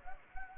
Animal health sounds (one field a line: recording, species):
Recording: mosquito wingbeat signal from an infrared sensor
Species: Anopheles gambiae